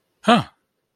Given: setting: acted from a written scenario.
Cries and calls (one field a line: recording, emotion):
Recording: vocal sound without words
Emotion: negative surprise